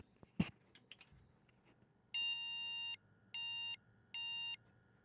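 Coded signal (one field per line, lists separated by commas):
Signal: beep code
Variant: ASUS motherboard POST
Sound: a few clicks, then one long electronic beep followed by 2 short beeps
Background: handling clicks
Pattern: 1 long, 2 short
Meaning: One long, two short indicates a video card (GPU) error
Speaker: So, one long, two short, we've got a beat code.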